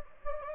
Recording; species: mosquito wingbeat signal from an infrared sensor; Anopheles gambiae